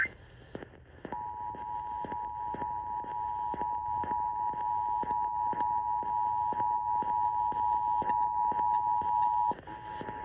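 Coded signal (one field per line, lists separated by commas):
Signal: Emergency Alert System (SAME) tones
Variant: 853 and 960 Hz attention tone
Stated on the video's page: Nationwide Emergency Alert System test as aired on an AM radio station.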